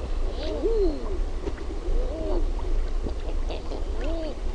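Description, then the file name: Common eider giving a few arched, moaning coos at irregular intervals, over a steady low rumble. "HAAHKA"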